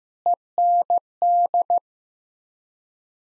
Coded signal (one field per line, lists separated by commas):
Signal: Morse code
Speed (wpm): 15 wpm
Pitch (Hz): 700 Hz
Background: none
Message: END